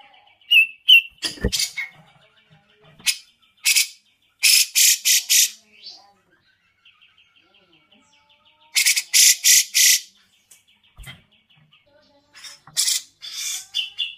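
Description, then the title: Grey-cheeked bulbul giving groups of harsh buzzy notes in short clusters, with quiet gaps and a few sharp clicks. Masteran training song, long duration. "Cucak Jenggot Masteran Durasi Panjang"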